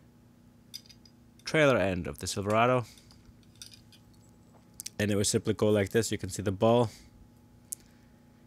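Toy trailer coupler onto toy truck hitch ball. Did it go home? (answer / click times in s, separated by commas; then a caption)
yes / 7.7 s. Someone talks while the coupler of a Greenlight Hitched Homes Series 13 die-cast toy teardrop trailer is pressed onto the hitch ball of a toy Silverado pickup truck. A few faint ticks and small handling clicks come between the speech, including sharp taps around 4.8 and 4.9 s. A single crisp, positive click at 7.7 s marks the coupler seating on the ball.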